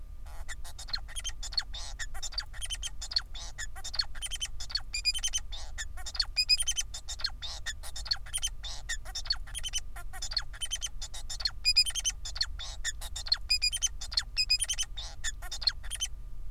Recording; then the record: song of a male Bengalese finch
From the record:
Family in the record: son of father 4